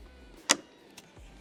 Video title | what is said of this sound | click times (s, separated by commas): How To Easily Install The Bestop Soft Top | Just like that, clicked right into place. | 0.5 s